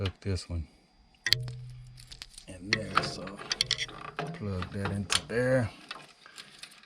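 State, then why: Seated. Someone talks while a second polarized wire harness plug is pushed into the control board of a Trane furnace that won't start. Soft plastic clicks and ticks follow after the talking, and the plug snaps into the board and seats at 6.6 seconds.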